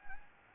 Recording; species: mosquito wingbeat signal from an infrared sensor; Anopheles gambiae